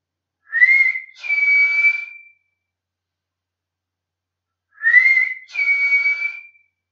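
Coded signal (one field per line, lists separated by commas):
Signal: whistled language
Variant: Silbo Gomero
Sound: a whistled two-part phrase, rising then steady high tone, repeated twice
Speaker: una vez hecho esto vamos a practicar con todas las letras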